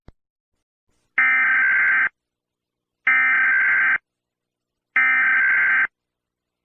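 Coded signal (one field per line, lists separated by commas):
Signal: Emergency Alert System (SAME) tones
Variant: header bursts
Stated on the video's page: Accidental EAS activation.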